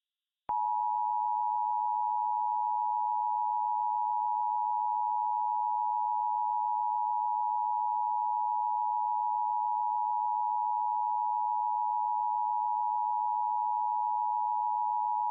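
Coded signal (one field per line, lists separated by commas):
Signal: Emergency Alert System (SAME) tones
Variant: 853 and 960 Hz attention tone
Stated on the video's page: Simulated EAS alert tones in a fictional 1983 Cold War scenario recreation.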